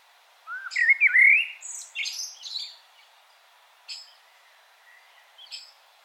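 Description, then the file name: Common blackbird song: a low fluting whistled phrase rising and falling, followed by high squeaky twitters, then short faint high notes after a pause. "Turdus merula"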